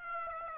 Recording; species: mosquito wingbeat signal from an infrared sensor; Aedes aegypti